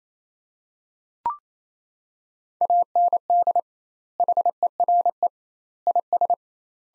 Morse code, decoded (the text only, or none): AND HERE IS